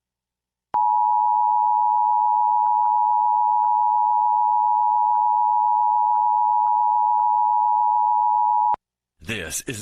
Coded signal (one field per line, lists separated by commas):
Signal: Emergency Alert System (SAME) tones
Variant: 853 and 960 Hz attention tone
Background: speech